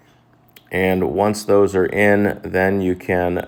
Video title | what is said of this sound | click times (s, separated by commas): How to Replace a Ceiling Fan on a Sloped Ceiling (Step-by-Step) | Once you push those together, you'll hear a click. | 0.6 s